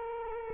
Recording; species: mosquito wingbeat signal from an infrared sensor; Culex quinquefasciatus